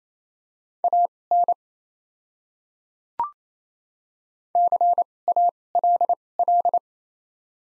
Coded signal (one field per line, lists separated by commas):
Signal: Morse code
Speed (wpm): 28 wpm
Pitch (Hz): 700 Hz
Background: none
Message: AN CALL